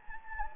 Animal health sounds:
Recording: mosquito wingbeat signal from an infrared sensor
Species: Anopheles gambiae

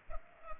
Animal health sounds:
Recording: mosquito wingbeat signal from an infrared sensor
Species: Culex pipiens

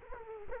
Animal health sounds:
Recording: mosquito wingbeat signal from an infrared sensor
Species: Culex quinquefasciatus

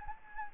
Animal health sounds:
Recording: mosquito wingbeat signal from an infrared sensor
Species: Anopheles gambiae

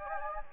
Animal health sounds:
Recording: mosquito wingbeat signal from an infrared sensor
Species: Anopheles gambiae

